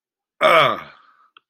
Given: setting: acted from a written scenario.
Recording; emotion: vocal sound without words; disgust